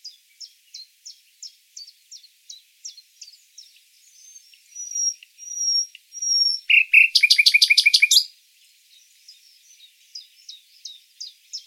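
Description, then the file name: Common nightingale singing: a run of short repeated notes about three per second, a few thin whistles, then a loud buzzy rattling burst before the repeated notes resume. "Luscinia megarhynchos"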